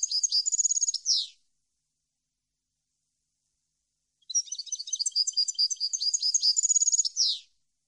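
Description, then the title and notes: European goldfinch singing quick liquid twitters and rattling trills, each phrase ending in a down-swept buzz; two phrases with a three-second pause between. Clean goldfinch song for song copying (training). "canto de jilguero limpio para copia"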